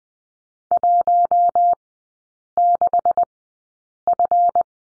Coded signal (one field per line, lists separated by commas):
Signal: Morse code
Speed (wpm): 21 wpm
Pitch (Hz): 700 Hz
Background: none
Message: 16F